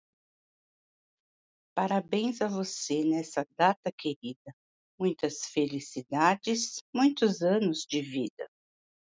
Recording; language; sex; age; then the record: short text; Brazilian Portuguese; female; 50 to 59 years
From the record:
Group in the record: control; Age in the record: 56 years